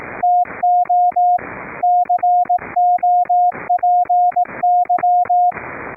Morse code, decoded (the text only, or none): TO COPY